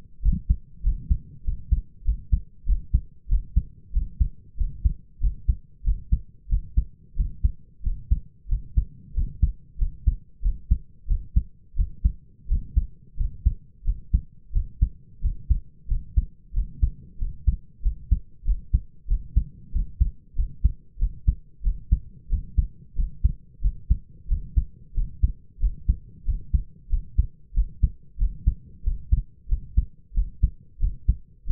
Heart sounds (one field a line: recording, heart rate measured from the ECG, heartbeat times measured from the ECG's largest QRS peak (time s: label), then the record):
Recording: heart sounds by stethoscope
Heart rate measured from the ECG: 92 bpm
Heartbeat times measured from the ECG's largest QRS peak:
0.22 s: heartbeat
0.83 s: heartbeat
1.44 s: heartbeat
2.04 s: heartbeat
2.66 s: heartbeat
3.28 s: heartbeat
3.92 s: heartbeat
4.57 s: heartbeat
5.20 s: heartbeat
5.84 s: heartbeat
6.49 s: heartbeat
7.16 s: heartbeat
7.82 s: heartbeat
8.48 s: heartbeat
9.13 s: heartbeat
9.78 s: heartbeat
10.42 s: heartbeat
11.07 s: heartbeat
11.75 s: heartbeat
12.47 s: heartbeat
13.16 s: heartbeat
13.84 s: heartbeat
14.52 s: heartbeat
15.21 s: heartbeat
15.87 s: heartbeat
16.53 s: heartbeat
17.18 s: heartbeat
17.82 s: heartbeat
18.44 s: heartbeat
19.07 s: heartbeat
19.71 s: heartbeat
20.35 s: heartbeat
20.98 s: heartbeat
21.63 s: heartbeat
22.29 s: heartbeat
22.95 s: heartbeat
23.61 s: heartbeat
24.28 s: heartbeat
24.94 s: heartbeat
25.59 s: heartbeat
26.25 s: heartbeat
26.89 s: heartbeat
27.54 s: heartbeat
28.18 s: heartbeat
28.83 s: heartbeat
29.48 s: heartbeat
30.14 s: heartbeat
30.79 s: heartbeat
31.46 s: heartbeat
From the record:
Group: healthy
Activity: rest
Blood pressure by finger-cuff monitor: 94/59 mmHg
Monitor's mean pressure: 70 mmHg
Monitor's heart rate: 93 bpm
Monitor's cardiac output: 6.3 L/min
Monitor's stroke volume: 69 mL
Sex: male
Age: 22 years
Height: 181 cm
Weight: 60 kg